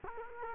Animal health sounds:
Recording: mosquito wingbeat signal from an infrared sensor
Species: Culex quinquefasciatus

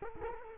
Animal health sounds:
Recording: mosquito wingbeat signal from an infrared sensor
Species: Culex quinquefasciatus

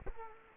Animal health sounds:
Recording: mosquito wingbeat signal from an infrared sensor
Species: Culex quinquefasciatus

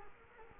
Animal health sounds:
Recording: mosquito wingbeat signal from an infrared sensor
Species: Culex quinquefasciatus

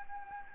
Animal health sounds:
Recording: mosquito wingbeat signal from an infrared sensor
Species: Anopheles gambiae

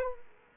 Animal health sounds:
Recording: mosquito wingbeat signal from an infrared sensor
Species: Culex quinquefasciatus

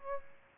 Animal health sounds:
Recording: mosquito wingbeat signal from an infrared sensor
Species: Aedes albopictus

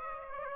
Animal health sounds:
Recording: mosquito wingbeat signal from an infrared sensor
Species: Aedes aegypti

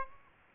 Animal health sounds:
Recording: mosquito wingbeat signal from an infrared sensor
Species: Aedes aegypti

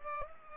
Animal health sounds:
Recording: mosquito wingbeat signal from an infrared sensor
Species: Culex pipiens

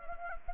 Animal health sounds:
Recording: mosquito wingbeat signal from an infrared sensor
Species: Anopheles gambiae

